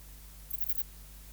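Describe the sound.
Ephippiger cunii bush-cricket: brief Ephippiger cunii chirp, three or four scratchy high pulses packed closely together, with low background hum throughout.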